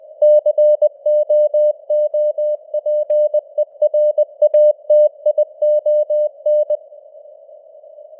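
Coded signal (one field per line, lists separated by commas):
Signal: Morse code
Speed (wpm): 20 wpm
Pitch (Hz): 600 Hz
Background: none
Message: COOPERATION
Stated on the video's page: Morse news headlines at 20 wpm with simulated radio noise and varying signal strength (QSB).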